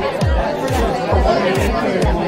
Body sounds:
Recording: background sound without coughing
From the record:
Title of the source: Nightlife Party Simulating Party Club Noise 1 Hour

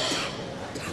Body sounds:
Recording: coughing mixed with background sound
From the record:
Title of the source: 64 coughing, allergies, singing lungs

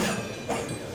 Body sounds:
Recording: coughing mixed with background sound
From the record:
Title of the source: Cough Around the Clock!

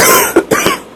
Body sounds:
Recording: coughing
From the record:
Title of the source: 31 night wet cough

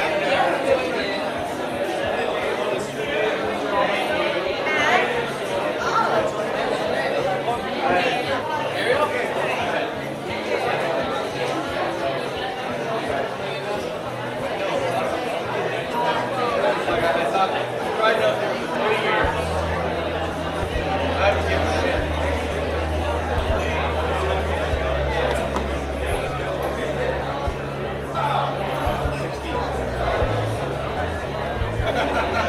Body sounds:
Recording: background sound without coughing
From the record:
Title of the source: CITY SOUNDS Busy Bar in the Evening Night - 2 HOURS of Ambiance for Relaxation

